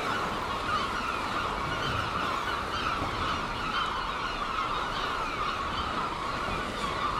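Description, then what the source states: Gulls give a constant wash of high, wailing calls from many birds at once, with no pause. Gulls at Seaton, dated 17 03.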